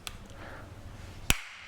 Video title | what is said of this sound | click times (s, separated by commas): Eleiko Öppen Collars Review - Best Designed Barbell Collar...I Think?! | pop that and once you hear that snap it is like locked in right | 1.3 s